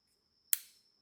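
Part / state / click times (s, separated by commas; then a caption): snap ring retaining a U-joint bearing cup in a driveshaft yoke / seated / 0.5 s. A steel C-clip snap ring is pushed into its groove to retain a new U-joint bearing cup pressed into a driveshaft yoke, part of a U-joint replacement to fix vibration and clunking. A single sharp, bright click sounds at 0.5 s and fades quickly, over a faint steady high tone that runs throughout. The snap ring seats in its groove.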